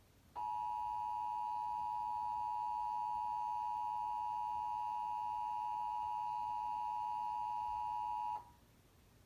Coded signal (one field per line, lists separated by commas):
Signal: Emergency Alert System (SAME) tones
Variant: 853 and 960 Hz attention tone